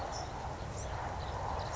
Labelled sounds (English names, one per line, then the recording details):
California Towhee
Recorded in Sonoma County, California